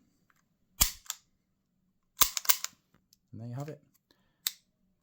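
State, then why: Seated. After a function test on an Umarex HK USP 4.5mm CO2 BB air pistol, with loud sharp clunks near 0.8, 1.1, 2.4 and 2.6 seconds, someone talks briefly. The safety/decocking lever on the pistol slide is then moved to the safe position with one sharp click at 4.5 seconds. The safety is confirmed on.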